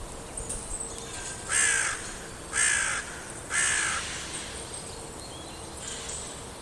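Bird calling three harsh, drawn-out caws about one second apart, then a fainter call, with a faint hum beneath.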